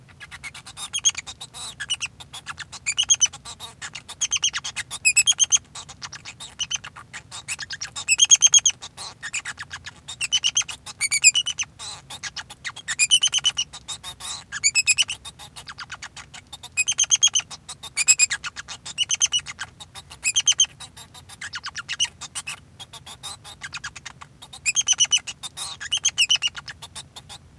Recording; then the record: song of a male Bengalese finch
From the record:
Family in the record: son of father 2